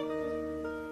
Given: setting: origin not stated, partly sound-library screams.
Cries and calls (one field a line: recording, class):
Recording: one-second piece from a danger detection set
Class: normal situation